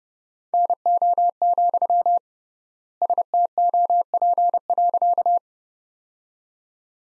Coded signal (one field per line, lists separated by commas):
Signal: Morse code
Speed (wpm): 30 wpm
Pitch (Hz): 700 Hz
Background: none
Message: NO, STOP.